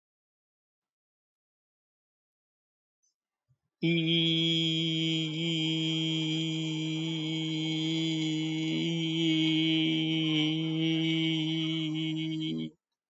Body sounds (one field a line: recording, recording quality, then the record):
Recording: sustained vowel as in beet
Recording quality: excellent, no background noise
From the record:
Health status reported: healthy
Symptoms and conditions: none ticked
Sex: male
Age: 72 years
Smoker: not ticked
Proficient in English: yes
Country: India